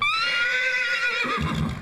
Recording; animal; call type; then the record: contact call of a hoofed animal; horse; whinny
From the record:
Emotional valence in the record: negative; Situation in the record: group separation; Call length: 1.82 s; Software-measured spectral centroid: 2520 Hz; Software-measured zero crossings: 3500 a second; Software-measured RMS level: -24 dBFS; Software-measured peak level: -12 dBFS